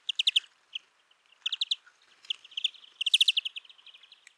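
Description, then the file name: European greenfinch twittering: rapid chirps in tight bursts against a quiet background. "Chloris chloris"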